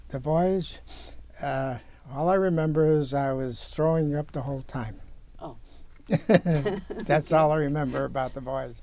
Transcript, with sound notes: The voyage, well all I remember was I was throwing up the whole time.
Oh (laughing)
That all I remember about the voyage.